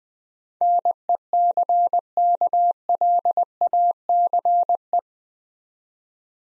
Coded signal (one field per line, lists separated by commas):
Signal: Morse code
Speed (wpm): 20 wpm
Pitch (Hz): 700 Hz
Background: none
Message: NECKLACE